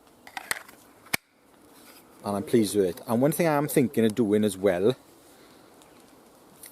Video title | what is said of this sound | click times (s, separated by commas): mors kochanski tribute knife prototype and a whole lot more. | I got a really nice click on this, | 1.1 s